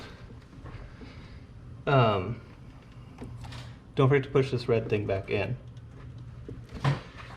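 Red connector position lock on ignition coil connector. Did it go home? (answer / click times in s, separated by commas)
yes / 6.8 s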